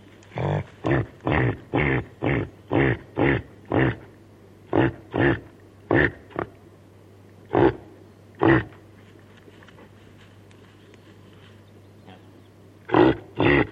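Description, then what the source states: Reindeer grunting calls, a quick run of low, rough grunts, then scattered single grunts with pauses and a final pair near the end. Female reindeer calling to her calf.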